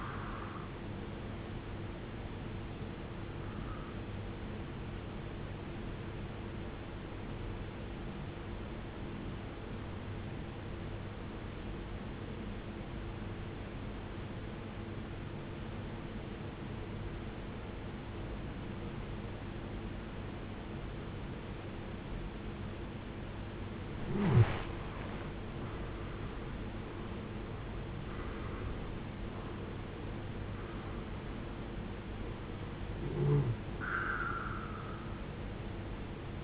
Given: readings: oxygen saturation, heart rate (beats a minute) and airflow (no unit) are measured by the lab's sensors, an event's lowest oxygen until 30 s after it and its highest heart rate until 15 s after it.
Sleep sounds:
breathing in sleep by a voice recorder at the bedside; 1
9.00-25.60 s: obstructive apnea (N1, oxygen 93% highest, then 80% lowest, heart rate 64 at the start, 75 highest)
From the record:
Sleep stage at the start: N1 (lightest sleep); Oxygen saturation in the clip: 83 to 93%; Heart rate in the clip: 64 to 75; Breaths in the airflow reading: 4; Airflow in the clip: -13.5 to 13.1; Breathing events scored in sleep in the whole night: 389 in 6.3 hours asleep

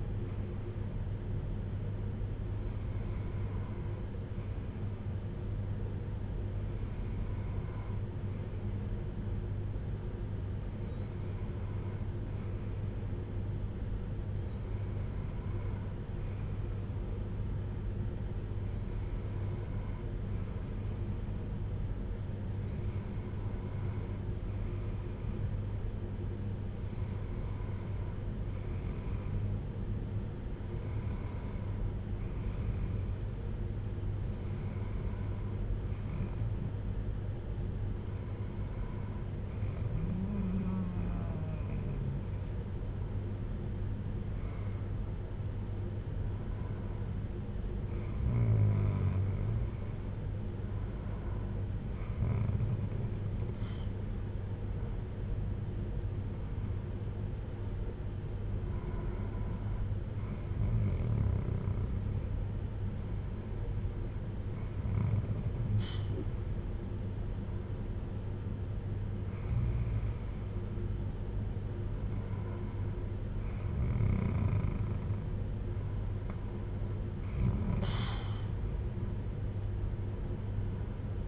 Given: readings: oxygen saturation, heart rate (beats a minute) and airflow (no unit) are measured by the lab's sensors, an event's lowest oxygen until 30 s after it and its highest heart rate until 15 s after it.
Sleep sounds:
breathing in sleep by a smartphone at the bedside; none
none scored
From the record:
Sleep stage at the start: N2 (light sleep); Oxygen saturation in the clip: 94 to 95%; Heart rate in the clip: 52 to 65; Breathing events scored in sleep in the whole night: 310 in 8.1 hours asleep

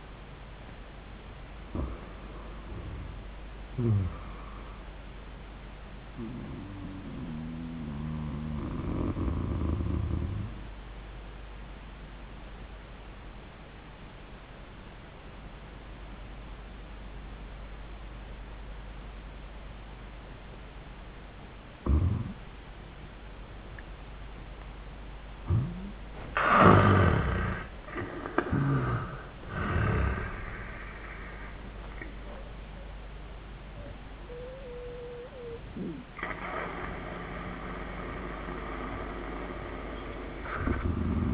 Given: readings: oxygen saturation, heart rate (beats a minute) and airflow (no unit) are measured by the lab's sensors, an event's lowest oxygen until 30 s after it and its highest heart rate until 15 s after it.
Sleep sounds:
breathing in sleep by a voice recorder at the bedside; 1
0.00-5.00 s: awake
9.00-26.20 s: obstructive apnea (N1, oxygen 96% highest, then 82% lowest, heart rate 88 at the start, 97 highest)
From the record:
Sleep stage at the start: N1 (lightest sleep); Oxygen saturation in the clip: 83 to 98%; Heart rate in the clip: 81 to 101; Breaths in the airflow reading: 4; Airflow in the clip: -16.9 to 17.4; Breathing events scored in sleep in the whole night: 400 in 8.7 hours asleep

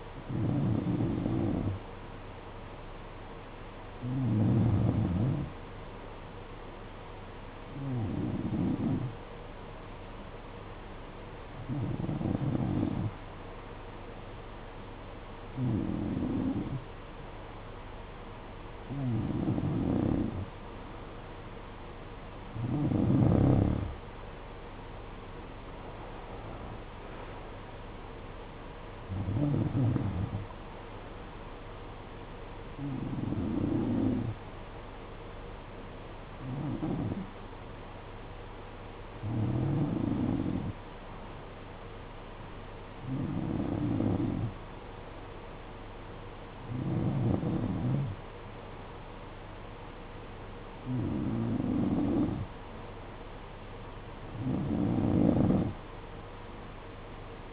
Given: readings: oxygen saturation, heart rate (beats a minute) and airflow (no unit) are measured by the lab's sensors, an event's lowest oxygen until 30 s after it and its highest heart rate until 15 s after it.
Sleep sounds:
breathing in sleep by a voice recorder at the bedside; none
29.00-57.53 s: new sleep stage, N2 (light sleep)
From the record:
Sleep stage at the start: N3 (deep sleep); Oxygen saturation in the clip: 91 to 93%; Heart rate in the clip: 54 to 66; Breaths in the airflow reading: 16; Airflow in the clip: -14.2 to 8.1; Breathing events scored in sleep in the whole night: 476 in 9.7 hours asleep

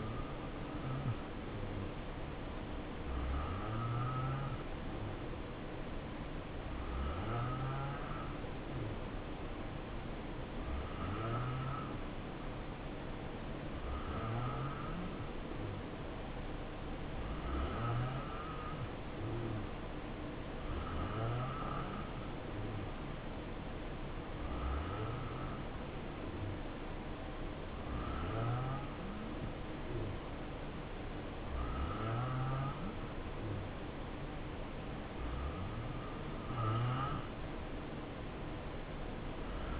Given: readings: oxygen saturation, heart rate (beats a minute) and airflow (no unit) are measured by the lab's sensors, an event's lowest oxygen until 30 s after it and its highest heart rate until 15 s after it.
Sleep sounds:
breathing in sleep by a voice recorder at the bedside; none
4.00-39.80 s: new sleep stage, N3 (deep sleep)
From the record:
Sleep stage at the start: N2 (light sleep); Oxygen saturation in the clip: 86 to 88%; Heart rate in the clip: 64 to 71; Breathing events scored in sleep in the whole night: 277 in 7.4 hours asleep

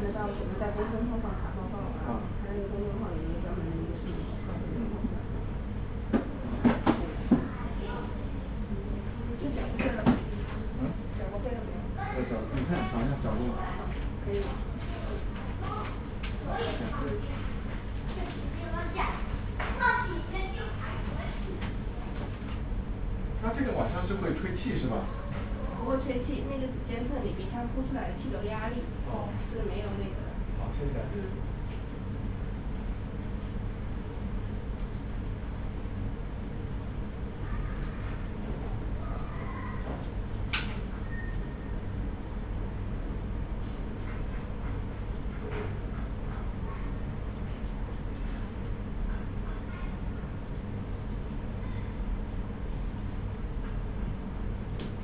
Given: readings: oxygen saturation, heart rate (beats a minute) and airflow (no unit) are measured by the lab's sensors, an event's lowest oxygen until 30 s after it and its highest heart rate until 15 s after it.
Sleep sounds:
a person awake in a sleep study, by a smartphone at the bedside; none
0.00-55.04 s: awake
0.00-55.04 s: awake
From the record:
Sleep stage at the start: awake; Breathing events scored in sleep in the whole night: 210 in 6.9 hours asleep

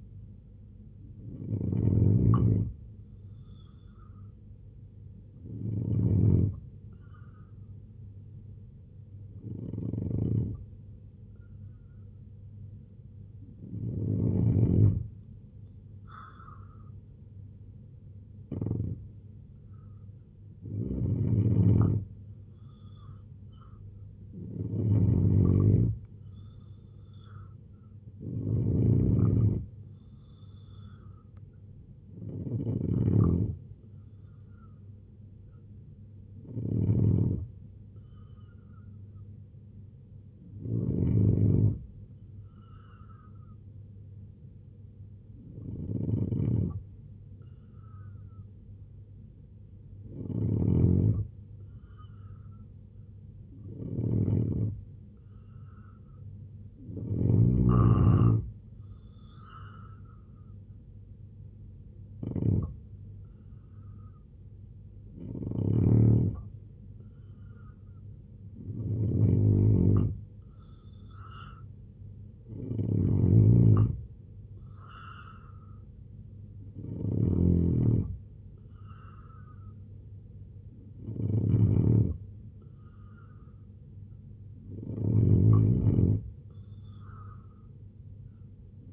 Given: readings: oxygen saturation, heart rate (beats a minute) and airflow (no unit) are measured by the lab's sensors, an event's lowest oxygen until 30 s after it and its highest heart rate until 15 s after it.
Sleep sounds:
breathing in sleep by a smartphone at the bedside; 2
4.00-24.30 s: hypopnea (N2, oxygen 90% highest, then 87% lowest, heart rate 78 at the start, 81 highest)
27.00-57.00 s: new sleep stage, N3 (deep sleep)
42.00-55.70 s: hypopnea (N3, oxygen 90% highest, then 87% lowest, heart rate 71 at the start, 77 highest)
57.00-88.93 s: new sleep stage, N2 (light sleep)
From the record:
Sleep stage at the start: N2 (light sleep); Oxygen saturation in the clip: 85 to 90%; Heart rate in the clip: 70 to 81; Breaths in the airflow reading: 21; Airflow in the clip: -3.3 to 6.0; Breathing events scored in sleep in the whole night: 258 in 7.4 hours asleep

